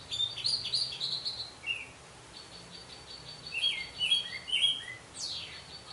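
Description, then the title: Orange-headed thrush song with chattering and whistled notes, including a thin sustained high tone and a descending slur. "Anis Merah"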